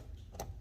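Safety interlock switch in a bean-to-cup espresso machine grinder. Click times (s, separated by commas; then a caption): 0.4 s. A small tool presses the red safety interlock switch at the back of the grinder on a Wirsh bean-to-cup espresso machine, which is opened and plugged in. A soft tap at 0.35 s leads into a sharp little click at 0.4 s over a low hum. The interlock clicks engaged and is confirmed seated.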